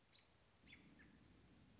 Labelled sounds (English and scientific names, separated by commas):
American Robin (Turdus migratorius)